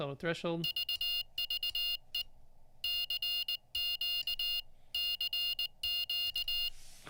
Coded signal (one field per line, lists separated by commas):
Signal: Morse code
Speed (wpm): 19 wpm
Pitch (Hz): 2850 Hz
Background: speech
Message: VVE CQ CQ